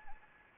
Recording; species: mosquito wingbeat signal from an infrared sensor; Anopheles arabiensis